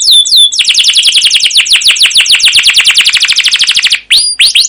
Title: CUIT CUIT NGEROL LANGSUNG GACOR PANJANG Kenari Ini AMPUH Utk Pancingan KENAR Masteran Suara Burung Kenari Gacor Panjang cuit cuit Ngerol untuk Pancingan Kenari!